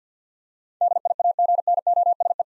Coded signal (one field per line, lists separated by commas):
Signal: Morse code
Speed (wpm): 50 wpm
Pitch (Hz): 700 Hz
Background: none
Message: DIAGNOSE